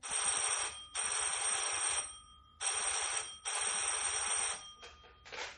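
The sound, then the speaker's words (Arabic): A telephone rings in two pairs of long, buzzy electric bursts, each about a second, separated by short pauses, followed by a fainter trailing ring. No one speaks. “تليفون يا أنيس.”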